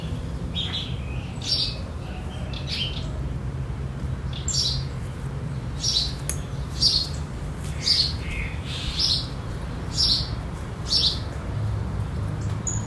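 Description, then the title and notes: Birds chirping in a loose, repeated series of short high notes, roughly one per second, against a steady low background hum. Birds in a field among araucaria trees, the region's typical vegetation, in an area away from the city, R. Antonio José Pilatti, Bairro Vederti, Chapecó, Santa Catarina, Brazil. "R. Antonio José Pilatti, 53-Bairro Vederti, Chapecó - SC, 89808-758, Brasil - Pássaros no campo. pássaros em uma área afastada da cidade entre araucárias, que representam a vegetação da região"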